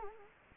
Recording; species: mosquito wingbeat signal from an infrared sensor; Anopheles arabiensis